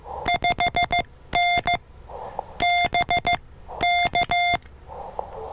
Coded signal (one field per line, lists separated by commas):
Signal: Morse code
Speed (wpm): 15 wpm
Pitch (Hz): 700 Hz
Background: music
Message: 5N BK